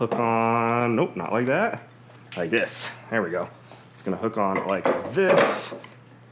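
A preacher curl pad attachment, a steel gym bench accessory, is handled and hooked onto a weight bench while someone talks, with a steady low hum underneath. Nothing has seated or clicked into place yet.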